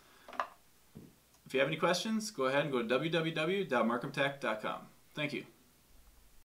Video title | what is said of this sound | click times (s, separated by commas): Adjusting Showdown Display | there is and it'll click and lock into place | 0.4 s